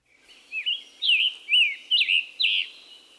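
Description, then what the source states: Scarlet tanager song: five hoarse, burry phrases at about two per second in a choppy sing-song rhythm. Robin-like but hoarse-sounding, burry sing-song notes, often described as a robin with a sore throat.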